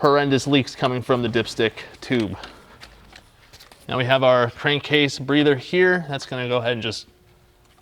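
A crankcase breather hose fitting is being handled near the breather port on a BMW S54 engine (2001–2006 BMW E46 M3) during reassembly after a rod bearing replacement. Someone talks throughout, with a quieter stretch in the middle that has a couple of faint small knocks at about 3.2 and 3.7 seconds. Nothing has seated or clicked yet; the fitting is not home by the end of the clip.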